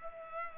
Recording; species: mosquito wingbeat signal from an infrared sensor; Culex pipiens